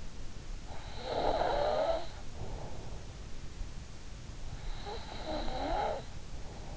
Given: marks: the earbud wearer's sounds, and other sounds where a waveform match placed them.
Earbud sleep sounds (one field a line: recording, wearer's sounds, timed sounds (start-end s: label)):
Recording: sounds in sleep by an in-ear microphone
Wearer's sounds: snoring breath, breath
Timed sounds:
0.43-2.77 s: snoring breath
4.49-6.77 s: breath